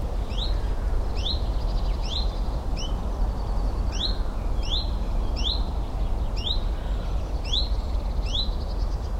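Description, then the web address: Common chiffchaff song, a steady run of sharp, high chiff-chaff notes over a constant low rumble. "Alexander birds Common Chiffchaff , Zilp Zalp"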